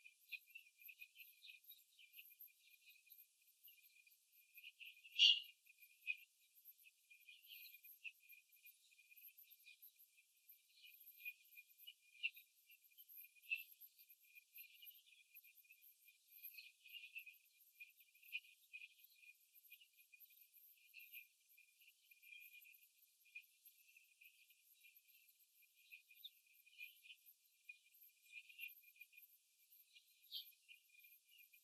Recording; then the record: young laying hens in a cage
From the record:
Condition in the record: after the stressor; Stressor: simulated dog barking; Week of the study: 3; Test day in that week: 2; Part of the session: 3